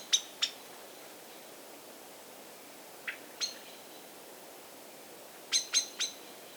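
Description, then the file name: Common blackbird ticking: an opening pair of sharp notes, a softer pair after a pause, then a quick burst of three near the end. "Turdus merula"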